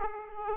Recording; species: mosquito wingbeat signal from an infrared sensor; Aedes aegypti